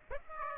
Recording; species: mosquito wingbeat signal from an infrared sensor; Aedes aegypti